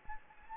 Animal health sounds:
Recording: mosquito wingbeat signal from an infrared sensor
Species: Anopheles gambiae

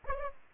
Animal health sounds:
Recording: mosquito wingbeat signal from an infrared sensor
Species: Aedes aegypti

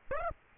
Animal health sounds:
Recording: mosquito wingbeat signal from an infrared sensor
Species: Aedes aegypti

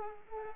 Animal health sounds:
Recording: mosquito wingbeat signal from an infrared sensor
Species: Culex pipiens

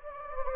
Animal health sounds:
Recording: mosquito wingbeat signal from an infrared sensor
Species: Anopheles gambiae

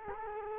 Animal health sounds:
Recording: mosquito wingbeat signal from an infrared sensor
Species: Culex quinquefasciatus

